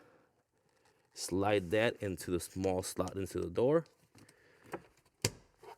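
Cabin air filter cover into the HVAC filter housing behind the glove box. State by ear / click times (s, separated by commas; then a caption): seated / 5.2 s. Someone talks while the plastic cabin air filter access cover of a 2022 Nissan Pathfinder is slid into its small slot at the filter door of the HVAC filter housing behind the glove box. A few faint handling clicks follow, then the cover is pressed in and its clip engages with a sharp snap at 5.3 s, seating the cover in the housing.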